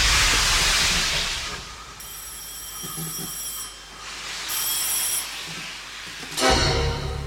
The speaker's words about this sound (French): Au même moment, dans le bureau du chef de gare, le téléphone se met à sonner. À l'autre bout de la ligne, des cheminots de Mussy-Dedans et Saint-Astier interrogent sur les causes du retard.